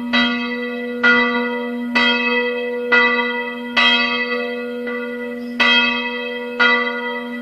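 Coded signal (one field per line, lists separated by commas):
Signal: bell signal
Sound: a large church bell ringing about once a second, eight strokes with long ringing tails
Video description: Alle 12:01 e 30 secondi, parte il segnale orario e poi la distesa della campana maggiore.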